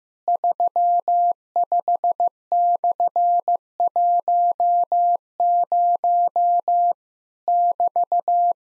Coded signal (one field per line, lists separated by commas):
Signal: Morse code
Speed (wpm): 16 wpm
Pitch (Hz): 700 Hz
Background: none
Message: 35/10 <BT>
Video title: Worked All Europe DX Contest QTC Exchange 15wpm